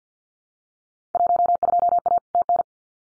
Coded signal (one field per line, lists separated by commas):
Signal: Morse code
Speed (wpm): 50 wpm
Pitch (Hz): 700 Hz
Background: none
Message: 12A TN